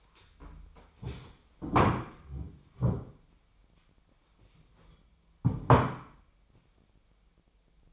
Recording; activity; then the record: daily activity, microphone in the room; stand up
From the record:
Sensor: 1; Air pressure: 1008.0 hPa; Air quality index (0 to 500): 190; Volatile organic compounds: 17 ppm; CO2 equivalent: 2577 ppm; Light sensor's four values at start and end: 13/33/13/15 and 13/33/13/15